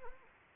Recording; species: mosquito wingbeat signal from an infrared sensor; Anopheles arabiensis